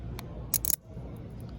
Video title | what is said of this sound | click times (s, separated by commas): DKP - LEGO 9v Wire replacement from start to finish | yeah it's still there and this thing is ready to go and then we'll just push it down until we hear the click | 0.6 s, 0.7 s